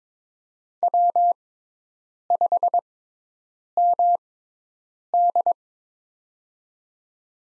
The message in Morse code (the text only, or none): W5MD